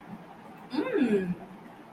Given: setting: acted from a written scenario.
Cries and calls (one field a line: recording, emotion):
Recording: vocal sound without words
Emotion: romantic love